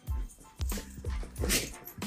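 Short low huffs and a sharp noisy burst from a dog, a brief sneeze aimed at the people close by.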